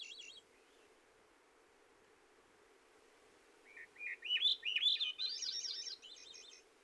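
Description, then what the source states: Swainson's thrush song, the end of one phrase, then a long pause and a new series of breezy, upward-spiralling flute-like notes, with a steady low hiss throughout. Brilliant, complex song of one individual among Swainson's thrushes, whose songs vary from plain to complex; recorded with a small tape recorder, not a great recording.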